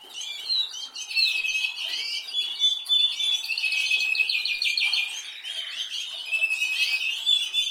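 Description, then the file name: Canary song, a dense warbling stream of rapid trills and buzzy rolls, continuous for most. "Canary Voice"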